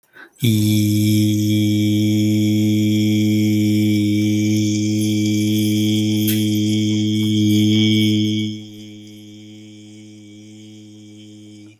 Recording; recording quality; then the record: sustained vowel as in beet; excellent, no background noise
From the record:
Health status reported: healthy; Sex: male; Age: 38 years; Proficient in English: yes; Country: India